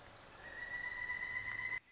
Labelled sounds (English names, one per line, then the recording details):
Pileated Woodpecker
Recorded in Sonoma County, California